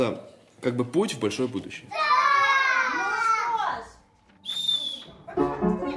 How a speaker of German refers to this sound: Kinderstimmen und fröhliches Geschrei. Solche Geräuschkulisse hört man wegen des extremen Klimas in den Straßen von Novi Urengoi fast nie.